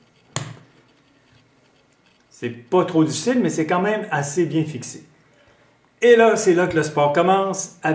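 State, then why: Released. Fingernails slipped under the snap-on case of an iPad 3 near the volume buttons unclip it, giving a single sharp click at 0.4 s as the clip lets go of the tablet. The clip releases, though it is fairly firmly fixed. Someone then talks.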